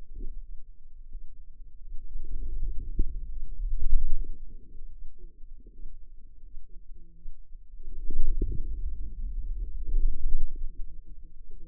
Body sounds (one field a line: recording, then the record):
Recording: forearm muscle sounds (acoustic myography)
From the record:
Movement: wrist extension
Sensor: system 2, bracelet of six BSWA MPA416 microphones around the upper forearm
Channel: 1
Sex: female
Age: 25 years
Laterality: right